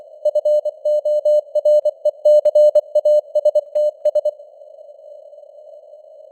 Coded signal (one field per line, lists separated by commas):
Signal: Morse code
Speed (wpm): 24 wpm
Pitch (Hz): 600 Hz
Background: none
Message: FORECASTS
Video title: Morse Code News | 2025-10-06 | 24wpm